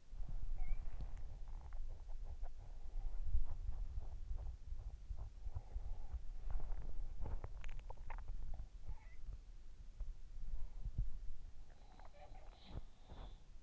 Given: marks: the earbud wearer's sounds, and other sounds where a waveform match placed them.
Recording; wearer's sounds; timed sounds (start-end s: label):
sounds in sleep by an in-ear microphone; body movement, swallowing
0.00-13.62 s: body movement
0.26-1.10 s: sound from someone else or the room
7.36-8.33 s: swallowing